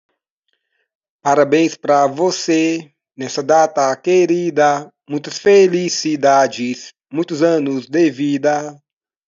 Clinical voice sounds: short text; Brazilian Portuguese; male; 30 to 39 years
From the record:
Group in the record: control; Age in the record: 38 years

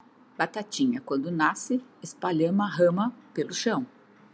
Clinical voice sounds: short text; Brazilian Portuguese; female; 60 to 69 years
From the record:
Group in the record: control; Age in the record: 62 years

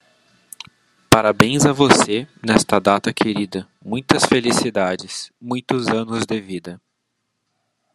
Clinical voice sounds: short text; Brazilian Portuguese; male; 20 to 29 years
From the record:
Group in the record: control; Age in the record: 28 years

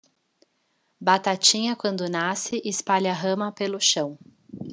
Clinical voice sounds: short text; Brazilian Portuguese; female; 30 to 39 years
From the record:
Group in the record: control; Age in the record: 36 years

